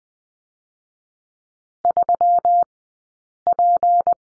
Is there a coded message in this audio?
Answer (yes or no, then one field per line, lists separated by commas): yes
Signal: Morse code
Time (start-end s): 1.8-4.1 s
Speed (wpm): 20 wpm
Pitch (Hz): 700 Hz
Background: none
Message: 3P